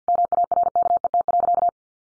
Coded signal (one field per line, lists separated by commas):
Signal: Morse code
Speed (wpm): 50 wpm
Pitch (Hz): 700 Hz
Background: none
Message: MARKET.